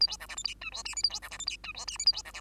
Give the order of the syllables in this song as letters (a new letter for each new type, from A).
A B C D E F G H I J A B C D E F G H I J A B C D